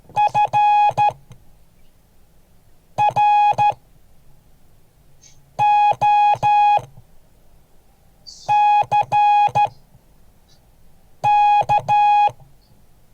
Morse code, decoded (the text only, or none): FROCK